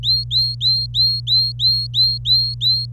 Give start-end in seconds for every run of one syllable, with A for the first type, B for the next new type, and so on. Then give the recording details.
0.03-2.85 A. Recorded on 26 April 2018 at 08:03. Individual llb3